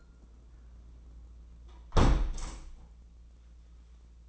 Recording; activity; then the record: daily activity, microphone in the room; close window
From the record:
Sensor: 1